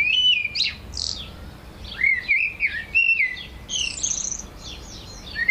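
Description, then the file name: Eurasian blackbird song: clear whistled, wavering phrases followed by a run of thin, high squeaky notes, in two or three bursts. "Turdus merula"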